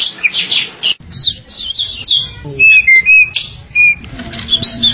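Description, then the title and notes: Bird chirps, short high twittering notes in scattered bursts with a few clear whistled slurs and brief pauses between them. "Bird Sound. Kicau Burung Lengkap"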